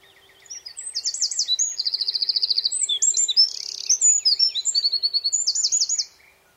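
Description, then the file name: Eurasian wren singing an energetic, high-pitched song of rapid trills and sharp twitters for about five seconds, with a softer repeated chipping underneath. "Troglodytes troglodytes"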